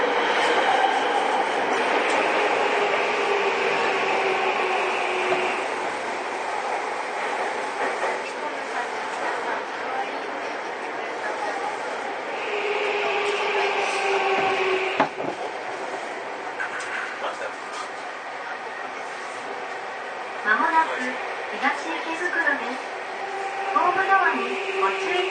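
A Seibu 6000 series train rides between stations, its motor whine holding steady tones that fall away near five seconds and return around twelve. A sharp jolt comes at fifteen seconds, then brief clattering and a voice-like chirps appear after twenty seconds.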